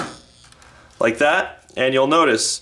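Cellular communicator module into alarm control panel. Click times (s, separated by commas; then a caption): 0.5 s. A plastic cellular communicator module is slid into its slot in a Honeywell Lyric security system's alarm control panel, which is lying on its side. A soft click is heard at 0.5 s as the module seats into place, followed by someone talking.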